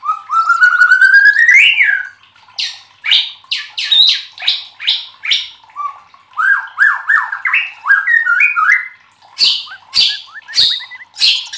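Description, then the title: White-rumped shama song opening with a long rising trilled whistle, followed by rapid harsh chattering notes and mellow slurred phrases. Used to train cage birds (masteran). "MURAI BATU LABAIK"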